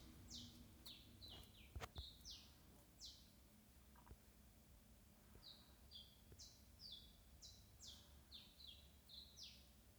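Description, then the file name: Small bird song, quiet high downslurred whistles repeated in quick runs, with a low rumble underneath and a few soft knocks. "Pajaritos"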